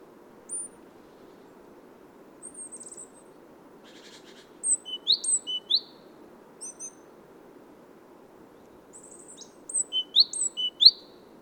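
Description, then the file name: Great tit calls: high sharp down-slurred notes in quick clusters, with a brief buzzy burst early and a louder run of notes near the end. "Parus major"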